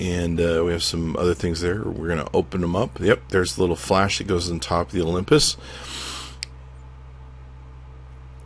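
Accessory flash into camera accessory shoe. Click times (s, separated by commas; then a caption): 6.4 s. A small clip-on accessory flash is fitted onto the hot shoe on top of an Olympus OM-D E-M5 camera body while someone talks. After the talking stops, a short sharp click is heard at 6.4 seconds as the flash snaps into place and locks onto the camera.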